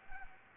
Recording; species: mosquito wingbeat signal from an infrared sensor; Anopheles gambiae